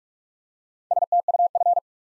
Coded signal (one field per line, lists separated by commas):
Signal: Morse code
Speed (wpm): 44 wpm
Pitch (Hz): 700 Hz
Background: none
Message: STUF